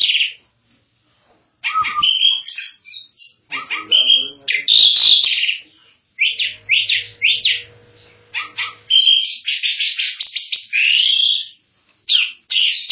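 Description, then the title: Starling singing in bursts of squeaky whistles, harsh chatter and rattles separated by brief pauses, with a faint low hum partway through. "Jalak"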